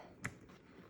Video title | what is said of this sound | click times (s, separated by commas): CULTIVATE WHAT MATTERS 2024 LAUNCH - Part 2: The Accessories | They snap right in to your power sheets. | 0.2 s